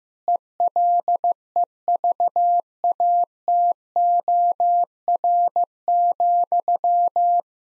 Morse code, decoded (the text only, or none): ELEVATOR,